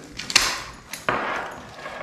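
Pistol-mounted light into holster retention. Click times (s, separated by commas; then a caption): 0.4 s. A pistol fitted with a weapon light is angled into a SureFire Masterfire holster and rocked back, with a few small taps before a sharp click at 0.4 s as the holster's retention locks onto the light. A softer knock follows at about 1.1 s, and the light is confirmed locked in.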